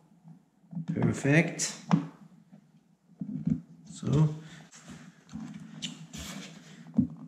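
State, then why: Not seated. A side mirror part, either the glass or a Koshi carbon fiber cap, is handled on the plastic mirror housing of an Abarth Competizione car door mirror while someone talks. Faint knocks and scrapes are heard around 3.2, 5.3, 6.1 and 7.0 seconds. Nothing has seated or clicked yet.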